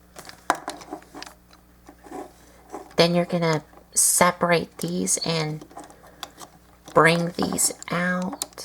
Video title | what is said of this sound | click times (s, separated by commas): Transformers Beast Machines Thrust | slide it up until it clicks into place. | 0.5 s